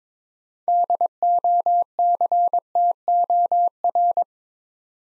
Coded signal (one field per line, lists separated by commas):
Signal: Morse code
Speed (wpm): 22 wpm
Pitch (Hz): 700 Hz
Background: none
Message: DOCTOR